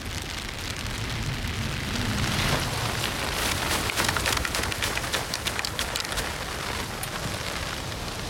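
Hail from a winter shower patters on an umbrella in a dense, steady shower of sharp ticks that grows busier and more clattering partway through, with no voices.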